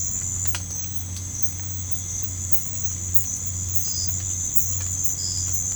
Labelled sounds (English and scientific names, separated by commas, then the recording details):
none
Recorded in pastures near Puerto Asís, Putumayo, Colombia, on 15 December 2024 at 04:30
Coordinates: 0.505, -76.324
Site G063